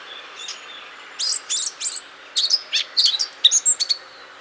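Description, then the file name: Eurasian blackcap warbling, a quick jumble of scratchy chirps and clear whistled notes that runs on for about three seconds. "Sylvia atricapilla"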